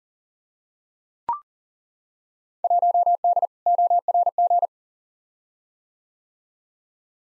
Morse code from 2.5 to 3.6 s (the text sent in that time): 1D